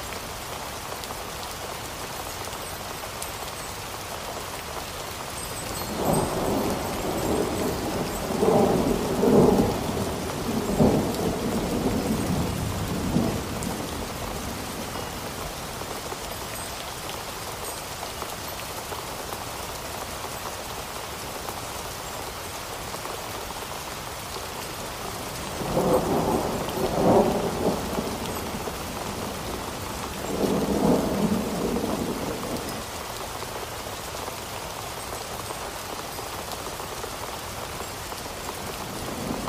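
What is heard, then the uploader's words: Steady, even rain hisses throughout a storm, with low rolling thunder swelling in around 6–12 seconds and again near 26–33 seconds. A Relaxing Storm.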